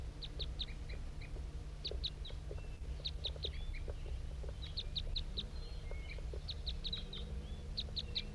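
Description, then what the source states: Crossbill flight calls: bursts of clipped, high chirps in twos and threes, repeated throughout over a constant low hum. Wild crossbill, a little one high in the sky, flying over with undulating flight at 8:21, while bird 5-3 is up on the hilltop.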